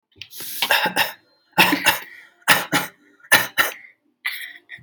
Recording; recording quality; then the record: shallow voluntary cough; excellent, no background noise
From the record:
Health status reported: healthy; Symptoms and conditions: none ticked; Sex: male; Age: 45 years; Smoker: not ticked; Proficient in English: yes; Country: India